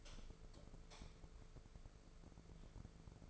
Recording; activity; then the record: daily activity, microphone in the room; light off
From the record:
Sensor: 5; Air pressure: 1014.8 hPa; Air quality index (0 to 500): 168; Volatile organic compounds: 6 ppm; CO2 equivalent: 1850 ppm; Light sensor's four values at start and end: 117/280/120/132 and 115/274/118/129